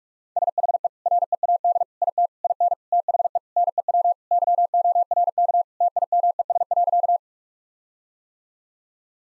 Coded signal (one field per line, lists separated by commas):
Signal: Morse code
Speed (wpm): 43 wpm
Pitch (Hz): 700 Hz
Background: none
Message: SHE READ IT IN THE NEW YORK TIMES.